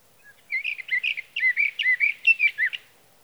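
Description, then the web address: Sage thrasher singing a brisk burst of warbled notes, roughly two seconds long. "birdsongforthecurious Sage Thrasher"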